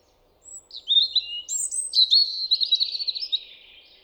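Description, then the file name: European robin song beginning with a clear high note, then a long run of quick tremulous warbles fading away toward the end. "Erithacus rubecula"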